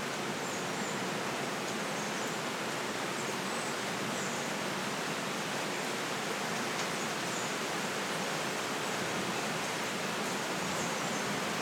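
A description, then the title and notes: A summer storm pours down as a dense, steady hiss of rain that barely changes across the twelve seconds. The sound fills everything from a low rumble up to a bright, crackling top, with faint higher tones flickering in and out. The soothing sounds of a summer storm.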